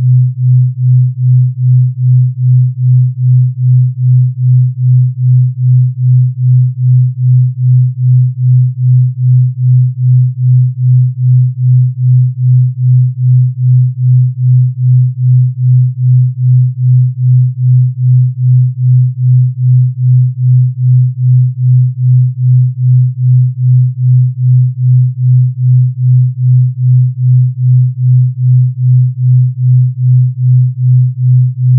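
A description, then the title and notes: A pure delta binaural beat: a single low, smooth tone that holds steady for the whole stretch. It pulses evenly about two and a half times per second, with no variation, no other sounds and nothing bright above it. Pure Delta Binaural 2.5 hz.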